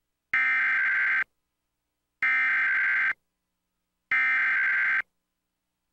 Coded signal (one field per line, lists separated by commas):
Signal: Emergency Alert System (SAME) tones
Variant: header bursts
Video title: Comcast Emergency Alert System - Tornado Warning (July 21, 2023)